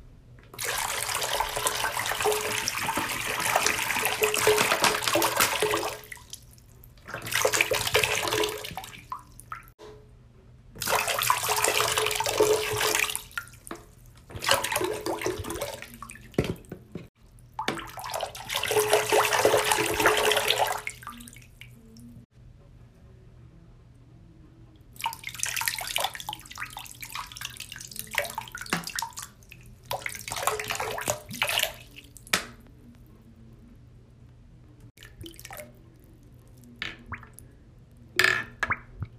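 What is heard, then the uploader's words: Water runs in repeated bursts, like a tap turned on and off, each pour lasting a few seconds with short quiet gaps between. The early bursts are loud and full; after about 22 seconds the flow is softer, thinner and more broken, with small splashes and drips near the end. ASMR Water. No talking.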